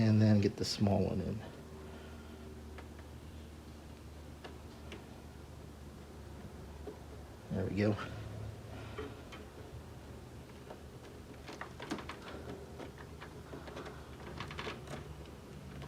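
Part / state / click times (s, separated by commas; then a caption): small component into PC case or motherboard / not seated / none. A small component is handled and pushed toward its place in a PC case or motherboard while someone talks, with a few faint ticks and light handling taps along the way. Nothing has seated or clicked yet; the part is not yet home.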